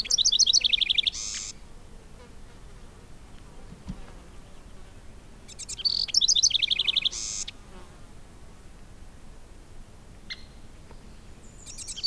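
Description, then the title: Bird song: two phrases about six seconds apart, each a fast trill of high notes closing with a rough buzz. A lone faint chip follows the second, and another phrase begins at the very end. "neoscenes: birds"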